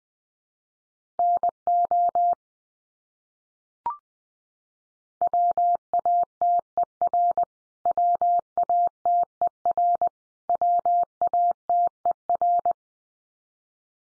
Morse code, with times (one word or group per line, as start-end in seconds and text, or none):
1.2-2.3 NO
5.2-7.4 WATER
7.9-10.1 WATER
10.5-12.7 WATER